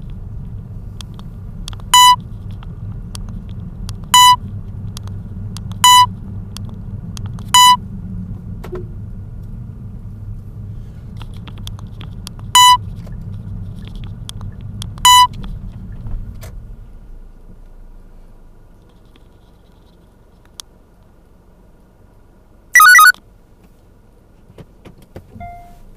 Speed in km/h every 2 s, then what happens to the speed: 13, 16, 17, 18, 15, 14, 14, 12, 3, 3, 0, 0, 0.
0-13 steady at about 15. 13-18 slows to 3. 18-26 standing.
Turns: none.